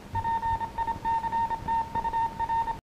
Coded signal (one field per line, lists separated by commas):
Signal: Morse code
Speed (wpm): 27 wpm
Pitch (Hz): 910 Hz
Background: none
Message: PICTUR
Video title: Shortwave Communications 1939 Film New Zealand Morse code CW